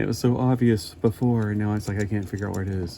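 A plastic fist piece of a transforming robot action figure is being handled and pushed toward the small locking recess in the figure's arm while someone talks. Nothing has seated or clicked yet; the fist has not yet popped into place.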